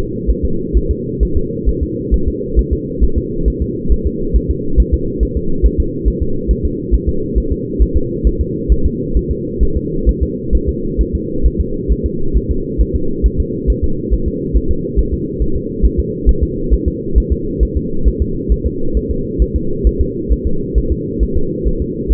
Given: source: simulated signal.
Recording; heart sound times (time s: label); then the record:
fetal heart sounds
0.31 s: S1
0.45 s: S2
0.77 s: S1
0.91 s: S2
1.23 s: S1
1.37 s: S2
1.69 s: S1
1.83 s: S2
2.14 s: S1
2.28 s: S2
2.59 s: S1
2.73 s: S2
3.03 s: S1
3.18 s: S2
3.48 s: S1
3.62 s: S2
3.92 s: S1
4.07 s: S2
4.36 s: S1
4.51 s: S2
4.80 s: S1
4.94 s: S2
5.23 s: S1
5.37 s: S2
5.66 s: S1
5.80 s: S2
6.08 s: S1
6.22 s: S2
6.51 s: S1
6.65 s: S2
6.94 s: S1
7.09 s: S2
7.38 s: S1
7.52 s: S2
7.82 s: S1
7.97 s: S2
8.27 s: S1
8.41 s: S2
8.72 s: S1
8.86 s: S2
9.17 s: S1
9.31 s: S2
9.63 s: S1
9.77 s: S2
10.09 s: S1
10.23 s: S2
10.55 s: S1
10.69 s: S2
11.01 s: S1
11.15 s: S2
11.46 s: S1
11.60 s: S2
11.92 s: S1
12.06 s: S2
12.37 s: S1
12.51 s: S2
12.81 s: S1
12.96 s: S2
13.26 s: S1
13.40 s: S2
13.70 s: S1
13.84 s: S2
14.13 s: S1
14.28 s: S2
14.57 s: S1
14.71 s: S2
14.99 s: S1
15.14 s: S2
15.42 s: S1
15.56 s: S2
15.85 s: S1
16.00 s: S2
16.29 s: S1
16.43 s: S2
16.74 s: S1
16.88 s: S2
17.18 s: S1
17.32 s: S2
17.63 s: S1
17.77 s: S2
18.08 s: S1
18.22 s: S2
18.52 s: S1
18.66 s: S2
18.97 s: S1
19.11 s: S2
19.42 s: S1
19.56 s: S2
19.87 s: S1
20.01 s: S2
20.32 s: S1
20.47 s: S2
20.78 s: S1
20.92 s: S2
21.23 s: S1
21.37 s: S2
21.68 s: S1
21.82 s: S2
22.12 s: S1
From the record:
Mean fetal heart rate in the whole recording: 135 bpm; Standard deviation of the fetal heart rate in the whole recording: 3 bpm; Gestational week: 34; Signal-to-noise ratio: -8.1 dB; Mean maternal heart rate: 72 bpm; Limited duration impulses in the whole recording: absent